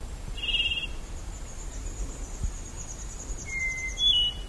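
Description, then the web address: Plumbeous black-tyrant song with a short buzzy note, then a thin whistle and a higher clipped note, while a faint high steady whine runs behind. "cantos viudiplomi"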